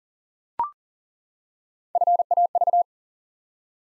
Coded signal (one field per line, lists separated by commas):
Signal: Morse code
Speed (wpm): 38 wpm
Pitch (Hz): 700 Hz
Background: none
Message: FAV